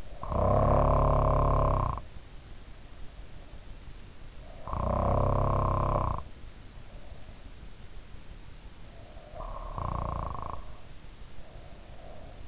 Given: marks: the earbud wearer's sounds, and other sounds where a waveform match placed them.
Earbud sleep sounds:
sounds in sleep by an in-ear microphone; snoring breath
0.00-2.09 s: snoring breath
4.40-6.40 s: snoring breath
8.94-12.48 s: snoring breath

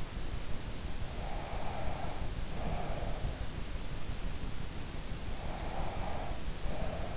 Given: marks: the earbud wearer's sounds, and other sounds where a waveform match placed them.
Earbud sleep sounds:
sounds in sleep by an in-ear microphone; breath
1.21-3.20 s: breath
5.53-7.17 s: breath

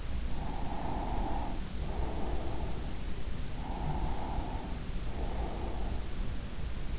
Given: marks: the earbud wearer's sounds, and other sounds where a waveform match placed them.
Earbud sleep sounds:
sounds in sleep by an in-ear microphone; breath
0.35-3.02 s: breath
3.54-6.13 s: breath

